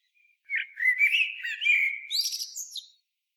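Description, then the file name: Common blackbird song: a single phrase of low, mellow fluted warbling that breaks into a high, squeaky twittering flourish at the end, in a quiet background. "Turdus merula"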